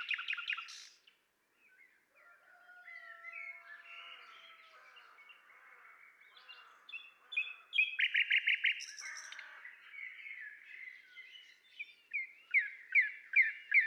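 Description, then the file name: Common nightingale song mixing a long pure whistle, chattering phrases, a loud buzzy burst and a closing series of repeated notes. "Luscinia megarhynchos"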